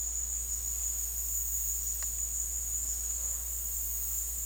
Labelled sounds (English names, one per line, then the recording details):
none
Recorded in dense forest near Puerto Asís, Putumayo, Colombia, on 13 March 2025 at 16:30
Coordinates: 0.503, -76.323
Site GP09